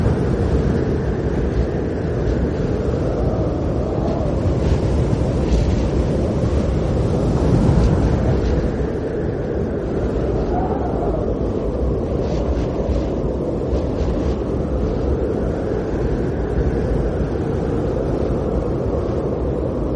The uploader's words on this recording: Snowstorm Blizzard Wind Sounds. The sounds of swaying pine tree branches and a snowstorm.